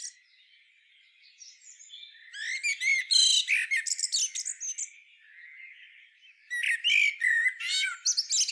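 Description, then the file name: Common blackbird with a long run of harsh, squeaky chattering notes, a quieter stretch, then a further burst of squeaks. "Turdus merula"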